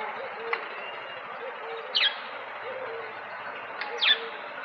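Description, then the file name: Lovebird calls: a few sharp, shrill chirps sweeping downward, spaced irregularly over steady background noise. "Sedaye Morghe Eshgh"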